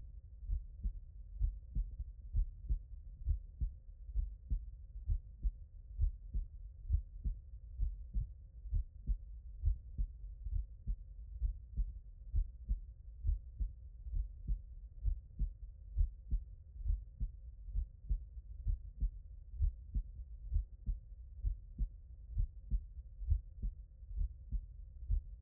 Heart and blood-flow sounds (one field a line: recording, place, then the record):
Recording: heart sounds by stethoscope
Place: tricuspid valve (TV)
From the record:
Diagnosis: non-HFrEF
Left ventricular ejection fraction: 69%